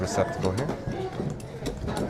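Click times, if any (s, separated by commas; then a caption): none. A rider on a roller coaster reaches for the seat belt receptacle on the ride vehicle seat, guiding the metal belt tongue toward the buckle while someone talks. Soft handling noises sound beneath the voice, with one brief sharper sound near 1.4 seconds. The tongue has not yet gone home, and nothing has seated or clicked in the buckle yet.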